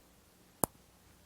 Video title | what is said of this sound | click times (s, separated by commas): Amazon Haul & Try On Jewelry Edition! Lilie & White | did you hear that click when you put them on that's what you hear it's just a soft click | 0.6 s